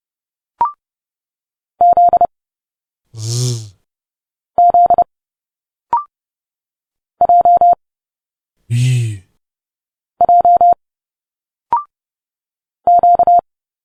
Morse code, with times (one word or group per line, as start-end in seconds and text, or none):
1.8-2.3 Z
4.6-5.0 Z
7.2-7.7 J
10.2-10.7 J
12.9-13.4 Q